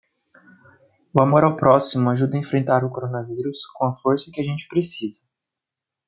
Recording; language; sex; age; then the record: spoken sentence; Brazilian Portuguese; male; 20 to 29 years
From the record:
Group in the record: control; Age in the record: 26 years